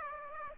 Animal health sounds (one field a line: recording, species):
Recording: mosquito wingbeat signal from an infrared sensor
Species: Aedes aegypti